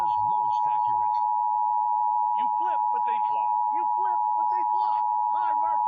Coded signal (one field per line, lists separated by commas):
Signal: Emergency Alert System (SAME) tones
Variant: 853 and 960 Hz attention tone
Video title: 4 of the most creepy EAS alarms + explanation